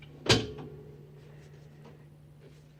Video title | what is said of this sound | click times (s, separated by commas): DTS TRAINING | So that's unlocked now. Okay, you'll hear a click, a | 0.3 s